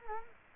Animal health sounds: mosquito wingbeat signal from an infrared sensor; Culex quinquefasciatus

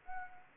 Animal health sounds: mosquito wingbeat signal from an infrared sensor; Anopheles arabiensis

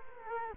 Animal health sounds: mosquito wingbeat signal from an infrared sensor; Culex quinquefasciatus

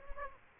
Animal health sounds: mosquito wingbeat signal from an infrared sensor; Aedes aegypti

